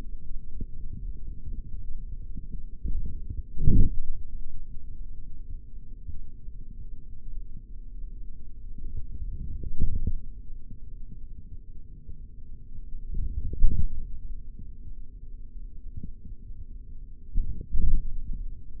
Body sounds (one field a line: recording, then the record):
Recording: forearm muscle sounds (acoustic myography)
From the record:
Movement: forearm supination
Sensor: system 3, bracelet of six PUI Audio POM-2738L microphones around the upper forearm, with dedicated amplification and filtering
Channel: 4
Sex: male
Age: 56 years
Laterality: right